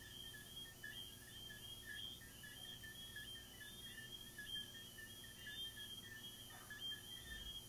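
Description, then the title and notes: Cricket chirping carries on in rapid, even pulses across two pitch bands, with a brief low thump near the end. Crickets recorded in the recordist's garden, presented as relaxing ASMR. "These are relaxing asmr crickets from my garden"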